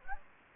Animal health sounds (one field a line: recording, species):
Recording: mosquito wingbeat signal from an infrared sensor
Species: Anopheles gambiae